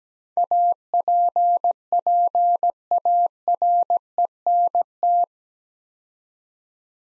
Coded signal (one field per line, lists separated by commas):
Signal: Morse code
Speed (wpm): 17 wpm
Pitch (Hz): 700 Hz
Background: none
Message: APPARENT